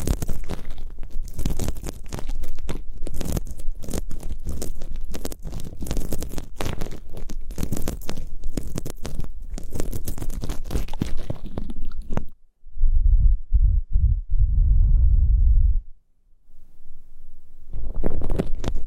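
Ear picking with dense crackling and scratching that fills the first twelve seconds, crisp and busy across the range. Around 12 seconds it shifts to muffled low thumps and rubbing, dull and heavy, before a brief silence and the crackling returning near the end.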